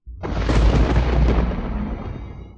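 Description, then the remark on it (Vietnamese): A loud, sustained roll of thunder from the sky with deep rumbling and crackling bursts, swelling quickly and staying dense before slowly tapering off. “Ngay sau đó, bầu trời truyền ra âm thanh sấm chớp liên tục dày đặc.”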